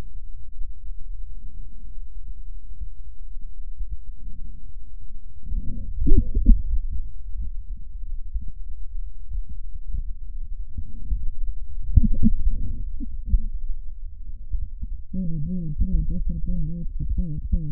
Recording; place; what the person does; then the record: lung sounds by stethoscope; left posterior basal chest; quiet breathing, then cough and speech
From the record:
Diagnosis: interstitial lung disease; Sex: female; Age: 70 years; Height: 160 cm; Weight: 93 kg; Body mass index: 36.3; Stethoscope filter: bell mode